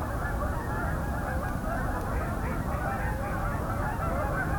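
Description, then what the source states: Canada Goose: an incoming flock giving many overlapping honks, dense and steady, with low background rumble. An incoming flight.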